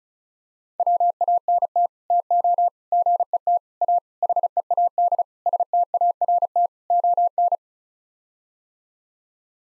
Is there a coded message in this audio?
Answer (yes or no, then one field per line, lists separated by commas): yes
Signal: Morse code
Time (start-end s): 0.8-7.6 s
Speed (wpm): 34 wpm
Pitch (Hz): 700 Hz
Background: none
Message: WANT TO GET A HEAD START ON